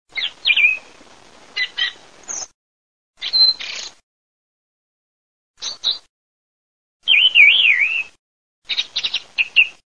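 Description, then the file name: Thrush singing loud, varied phrases of sharp notes and a wavering whistle, separated by brief pauses. "tordogiuseppe"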